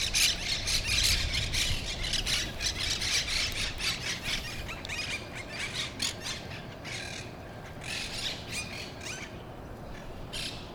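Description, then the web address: Monk parakeet flock calls: harsh, grating squawks in dense overlapping bursts, loudest at the start, with steady background hum. Brooklyn. "sounds brooklyn parrots"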